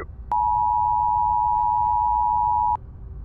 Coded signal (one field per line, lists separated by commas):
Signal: Emergency Alert System (SAME) tones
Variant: 853 and 960 Hz attention tone